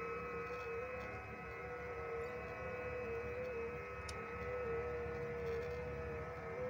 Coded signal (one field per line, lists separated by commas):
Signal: FT8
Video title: Power's Out! Quick Test-Portable Station. Multiband Vertical Antenna 20/17/15/12/10 Meters.